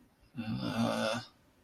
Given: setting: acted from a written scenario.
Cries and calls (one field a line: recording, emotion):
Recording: vocal sound without words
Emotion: shame